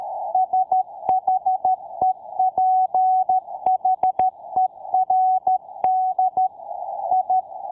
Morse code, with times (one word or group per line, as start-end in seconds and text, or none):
0.3-6.5 SHEPHERD
7.1-7.4 I